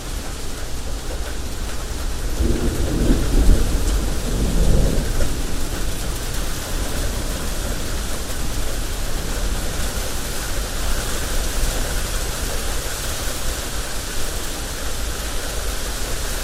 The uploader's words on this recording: Summer Thunderstorm. No narration, just a few minutes of rain and gentle thunder.